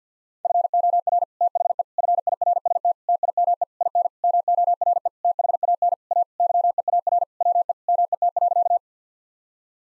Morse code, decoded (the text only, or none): FOR THE FIRST TIME IN MORE THAN A YEAR WE MET.